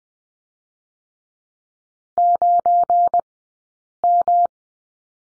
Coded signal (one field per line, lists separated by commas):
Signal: Morse code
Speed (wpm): 20 wpm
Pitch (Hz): 700 Hz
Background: none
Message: 9M